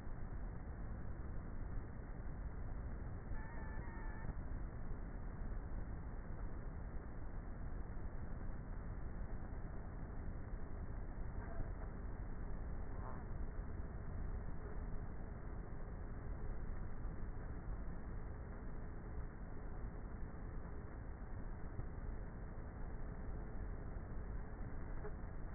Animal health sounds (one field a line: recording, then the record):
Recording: honeybee colony, microphone inside the hive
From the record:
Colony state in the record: queenless with a low population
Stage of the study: before two queens were removed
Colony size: about 30,000 bees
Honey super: no